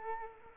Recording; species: mosquito wingbeat signal from an infrared sensor; Culex quinquefasciatus